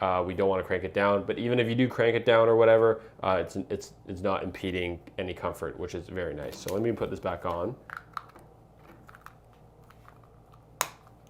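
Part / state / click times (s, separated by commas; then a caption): headgear clip into nasal CPAP mask frame / seated / 10.8 s. Someone talks for about eight seconds, then puts an Eson 2 nasal CPAP mask back on amid quiet handling taps and light plastic clicks. The headgear clip engages on the mask frame with a sharp click at 10.8 s, and the clip seats.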